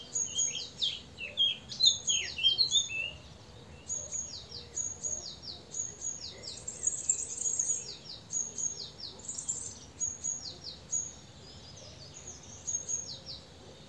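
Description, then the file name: Great tit calling almost continuously: sharp high whistles alternating with quick down-slurred notes, with a few lower twittering notes at the start and a steady faint hiss. "Parus major"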